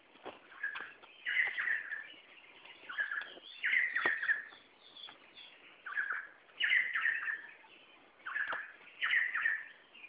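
Red spurfowl giving rough, scratchy paired notes, each phrase a short low burst then a louder higher burst, repeating about every two and a half seconds.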